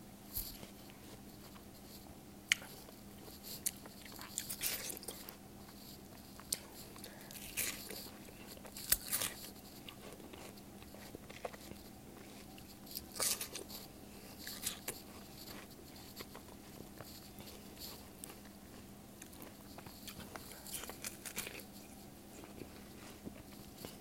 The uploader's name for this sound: watermelon eating ASMR